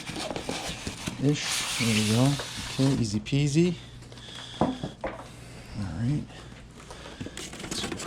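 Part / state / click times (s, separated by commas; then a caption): folding stem latch on an electric scooter frame / seated / 7.4 s. Someone talks while the folding stem of an Apollo City Pro electric scooter is stood upright on the frame, with faint rustling and handling noise in between. The folding stem latch locks with a sharp click at 7.4 s, and the stem is locked in place.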